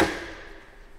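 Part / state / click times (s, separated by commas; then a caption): metal retaining clip on the AR-15 assembly / not seated / none. A metal retaining clip is being handled on an AR-15 assembly. A sharp impact at the very start fades away over the second, and no one talks. The clip has not yet seated or snapped into place.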